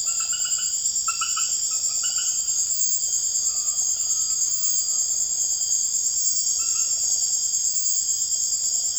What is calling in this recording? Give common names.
Undulated Tinamou